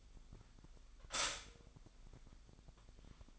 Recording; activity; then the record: daily activity, microphone in the room; stop toaster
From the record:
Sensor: 5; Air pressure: 1002.0 hPa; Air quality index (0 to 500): 203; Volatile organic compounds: 18 ppm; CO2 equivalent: 2626 ppm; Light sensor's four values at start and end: 34/110/42/44 and 34/110/42/45